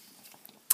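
After the head of a Transformers Generations Combiner Wars Silverbolt (Superion) transforming robot toy is lowered, a plastic body section is pushed back into the torso. Faint plastic handling and a small tick at 0.5 s lead to a sharp, loud plastic snap at 0.7 s as the section tabs into place and sits flush.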